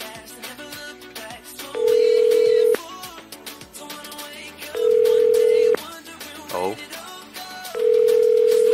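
An indoor landline telephone, with no voice message, sounds a tone in three long, steady, mid-pitched beeps about a second each, evenly spaced with pauses between, loud over a busy, clattering background.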